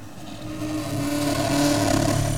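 A car engine revs with a steady, loud droning hum whose pitch climbs slightly as it builds over a couple of seconds, with no voices present.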